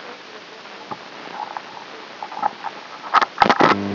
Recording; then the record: brain microelectrode recording played as sound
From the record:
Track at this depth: inside the subthalamic nucleus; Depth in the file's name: 2.921 mm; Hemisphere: right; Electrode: 3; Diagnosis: Parkinson's disease